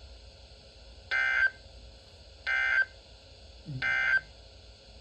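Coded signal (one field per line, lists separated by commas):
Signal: Emergency Alert System (SAME) tones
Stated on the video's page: Quadruple SAME header, a tornado warning and three severe thunderstorm warnings, from a Columbus, Ohio weather radio station.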